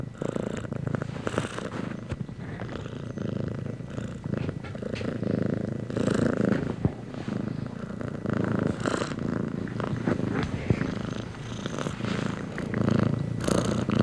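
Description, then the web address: Domestic cat purring continuously, a low pulsing rumble that swells and fades. Contented domestic cat purring while being petted. "cat purring and meowing animal purring contented animal x purring being petted anima"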